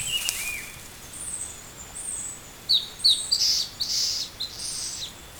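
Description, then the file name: Bird calls: sharp, high, slightly downslurred chirps in a quick irregular series midway, with fainter high whistles and a lower chirp at the start. "SABIOD 50 bird 2015"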